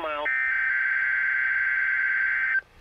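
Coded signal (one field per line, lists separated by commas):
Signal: Emergency Alert System (SAME) tones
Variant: header bursts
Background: speech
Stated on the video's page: Required Weekly Test SAME tones from NOAA Weather Radio, received on an Eton ESP2100.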